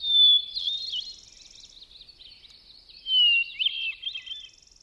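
Hermit thrush song: a clear opening whistle breaking into a rapid fluty flourish, then a second phrase on a lower pitch about three seconds later, also tumbling into quick trills.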